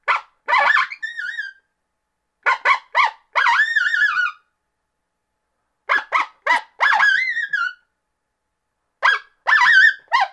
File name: Coyote